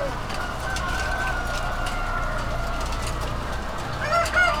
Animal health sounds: poultry house recording; healthy chickens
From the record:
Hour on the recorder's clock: 21

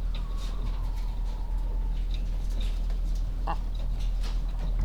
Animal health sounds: poultry house recording; sick chickens (respiratory disease)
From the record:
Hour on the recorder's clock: 11

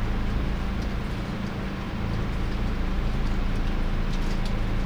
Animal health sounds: poultry house recording; no chicken sound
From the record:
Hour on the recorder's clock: 20

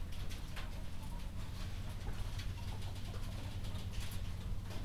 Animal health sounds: poultry house recording; healthy chickens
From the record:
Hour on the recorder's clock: 22

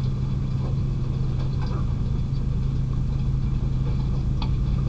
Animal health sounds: poultry house recording; sick chickens (respiratory disease)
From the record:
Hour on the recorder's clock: 20

